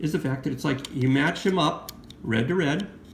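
A Voigtlander Heliar Hyperwide 10mm wide-angle lens is being lined up red index dot to red index dot with a Rayqual lens mount adapter while someone talks. Nothing has seated or clicked yet; the clip ends before the bayonet locks.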